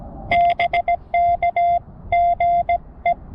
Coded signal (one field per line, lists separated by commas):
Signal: Morse code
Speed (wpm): 16 wpm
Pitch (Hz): 700 Hz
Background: none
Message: BK GE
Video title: CW Newbie's 1 year POTA Anniversary